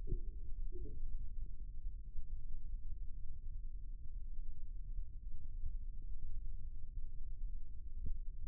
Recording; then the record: forearm muscle sounds (acoustic myography)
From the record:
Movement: rest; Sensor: system 2, bracelet of six BSWA MPA416 microphones around the upper forearm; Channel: 4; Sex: male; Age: 22 years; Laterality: right